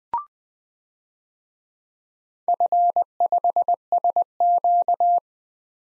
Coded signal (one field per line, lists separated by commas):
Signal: Morse code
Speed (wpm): 21 wpm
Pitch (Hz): 700 Hz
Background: none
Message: F5SQ